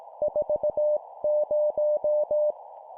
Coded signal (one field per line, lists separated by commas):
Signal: Morse code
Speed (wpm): 18 wpm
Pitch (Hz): 600 Hz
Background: none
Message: 40